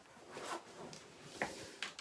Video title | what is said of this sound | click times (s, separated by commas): July Embroidery Club | So I'm just going to tighten it down until I hear the click. | 1.4 s, 1.8 s